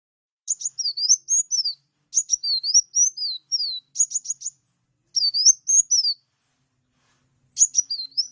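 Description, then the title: Bird song of high, thin whistled phrases with swooping, wavering notes and quick stuttered ticks, delivered in short bursts with brief pauses, against a silent background. "Burung Campur"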